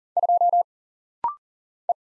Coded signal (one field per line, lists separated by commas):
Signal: Morse code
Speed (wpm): 40 wpm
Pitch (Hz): 700 Hz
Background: none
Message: 2 E